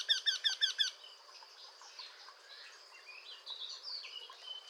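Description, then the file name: Eurasian wryneck call opens with a quick burst of nasal, ringing notes, then other birds chirp and twitter softly for the rest. "torcol"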